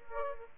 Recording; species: mosquito wingbeat signal from an infrared sensor; Aedes albopictus